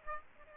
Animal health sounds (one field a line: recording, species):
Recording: mosquito wingbeat signal from an infrared sensor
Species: Aedes aegypti